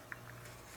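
A small hubcap is fitted into the wheel hub of a 1/6 scale Hot Toys Back to the Future III DeLorean model car, keyed to a slot so it seats magnetically. It snaps into place with a short, sharp click at 0.1 s, followed by a fainter tick at 0.3 s over a steady low hum. The hubcap is seated.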